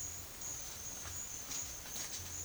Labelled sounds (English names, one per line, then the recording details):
none
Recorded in pastures near Puerto Asís, Putumayo, Colombia, on 29 June 2025 at 11:30
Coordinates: 0.502, -76.324
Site G010